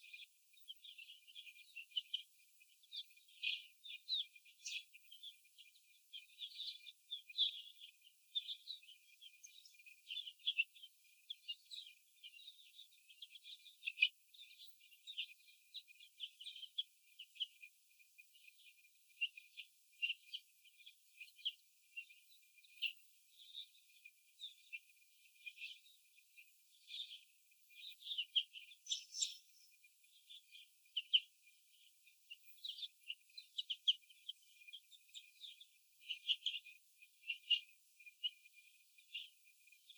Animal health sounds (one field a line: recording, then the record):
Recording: young laying hens in a cage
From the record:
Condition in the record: before the stressor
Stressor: sudden umbrella opening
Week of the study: 2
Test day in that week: 1